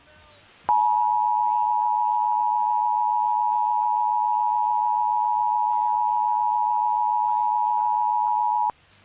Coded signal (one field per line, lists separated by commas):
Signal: Emergency Alert System (SAME) tones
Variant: 853 and 960 Hz attention tone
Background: speech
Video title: San Joaquin Valley Required Monthly Test (EAS #737) 8/9/23